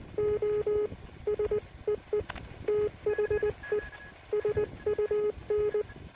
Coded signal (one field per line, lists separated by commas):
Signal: Morse code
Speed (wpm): 19 wpm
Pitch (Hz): 420 Hz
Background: none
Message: O SEE THE SUN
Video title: Its just NOT SOTA! Lockdown QRP CW on a nearby hill